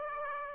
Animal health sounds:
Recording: mosquito wingbeat signal from an infrared sensor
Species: Aedes aegypti

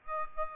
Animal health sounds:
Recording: mosquito wingbeat signal from an infrared sensor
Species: Aedes aegypti

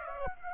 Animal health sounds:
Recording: mosquito wingbeat signal from an infrared sensor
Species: Aedes aegypti

